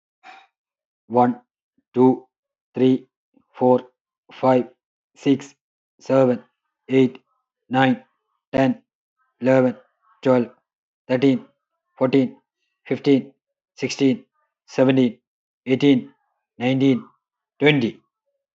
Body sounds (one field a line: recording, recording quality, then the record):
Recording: counting at a normal pace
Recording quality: excellent, no background noise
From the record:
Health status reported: healthy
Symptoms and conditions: cough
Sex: male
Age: 37 years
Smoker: not ticked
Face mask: not worn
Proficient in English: yes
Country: India